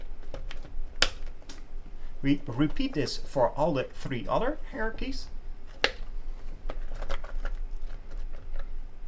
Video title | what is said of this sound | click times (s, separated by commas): 2021 BEST Safety Face Shield 2020 - Top 5 | press it in until it clicks into place we | 1.0 s